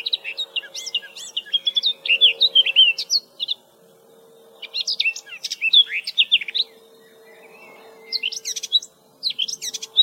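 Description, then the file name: Eurasian blackcap song in three phrases of rapid, scratchy warbling mixed with clear whistles, separated by short pauses, over a steady low tone. "Sylvia atricapilla"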